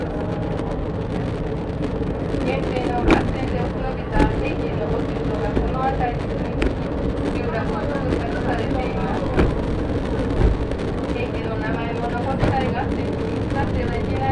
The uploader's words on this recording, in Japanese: 予土線しまんトロッコ2号 江川崎→土佐大正。8割方トロッコ車両は埋まっていました。案内人の話を聞きながらのんびりと走っていきますが、トンネル区間が多いので結構轟音だらけになります。また意外と風が冷たいです。前日まで大雨だったこともあり川の水は汚かったですが、空気はとてもきれいに感じました。